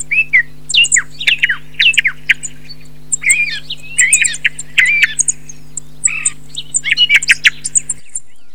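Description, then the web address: Thrush song: a rapid run of varied chirps, clicks and short whistled slurs, packed closely for about eight seconds over a steady low hum. Recording filtered. "FILTERED 026 TORDO"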